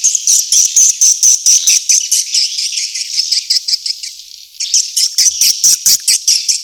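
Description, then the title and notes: Swiftlet chirps, high buzzy notes in rapid rhythmic pulses, a brief softer stretch midway, then the rhythmic chirping resumes. Asia; recording used in swiftlet farming to attract birds. "Swiflet Bird Sound. Farming Swiflet Bird asia sound"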